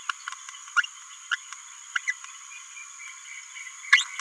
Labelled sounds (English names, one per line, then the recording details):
Green-rumped Parrotlet babbling
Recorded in a nest box in Venezuela
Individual 18B17A5